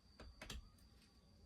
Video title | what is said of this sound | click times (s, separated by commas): Mcculloch Super Pro 81 teardown to inspect cylinder and reseal engine | Oh, fun. Stripped out. | 0.2 s, 0.4 s, 0.5 s